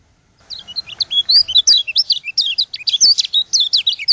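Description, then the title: White-eye song, a long fast babble of high, sweet slurred notes running continuously after a brief quiet start. From Lombok. "Plecir3un. Suara burung pleci lombok"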